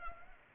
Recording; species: mosquito wingbeat signal from an infrared sensor; Culex pipiens